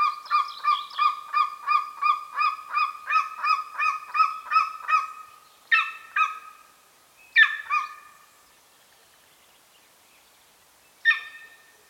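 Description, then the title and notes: Golden Eagle calling: a fast run of clear yelping notes for about five seconds, then a few harsher separate yelps with pauses between them. Recorded in Bucovina, Romania, with a Zoom F6 recorder and Lom mikroUsi Pro microphones. "The beautiful calls of the Golden eagle. Recorded in Bucovina, Romania"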